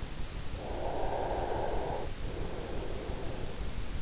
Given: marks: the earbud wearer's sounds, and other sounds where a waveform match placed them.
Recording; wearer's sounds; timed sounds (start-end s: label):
sounds in sleep by an in-ear microphone; breath
0.63-3.63 s: breath